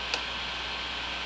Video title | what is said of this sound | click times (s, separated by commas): PMR UL Frame assembly | into the thing you'll feel it snap into place and hopefully that'll be it | 0.1 s